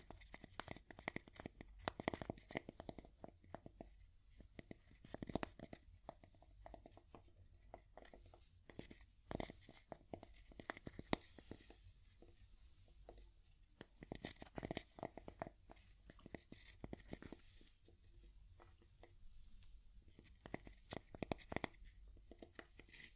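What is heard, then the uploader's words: Wood tapping, with sharp knocks and crisp scratchy rustles arriving in irregular clusters. Busier bursts come around five, ten, fifteen and twenty-one seconds, separated by sparser, softer taps. A low, faint hum sits underneath. ASMR Calming Wood Tapping (No Talking).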